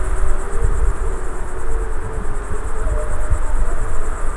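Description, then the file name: Wolf: wolves howling faintly, drawn-out tones wavering slightly in pitch beneath a constant high cricket buzz and low-frequency rumble. Adult wolves, Tinée, 2004. "loups adultes moy tinee 2004"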